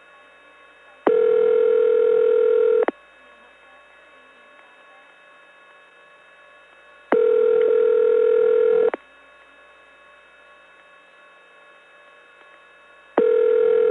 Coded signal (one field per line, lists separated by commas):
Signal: telephone call progress tone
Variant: North America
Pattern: ringback tone